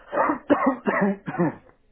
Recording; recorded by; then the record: voluntary cough; telephone call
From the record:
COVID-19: negative